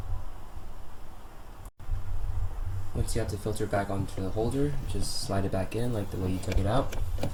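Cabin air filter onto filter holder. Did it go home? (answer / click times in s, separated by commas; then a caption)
no / none. A new cabin air filter for a Lexus IS250, IS350 or ISF sits on its plastic holder with the airflow arrows pointing up, ready for the holder to be slid back in. A steady low hum runs throughout, with a brief dropout near 1.7 s, and someone talks from about 3 s on. Nothing has seated or clicked yet.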